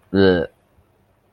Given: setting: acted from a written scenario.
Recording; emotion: vocal sound without words; disgust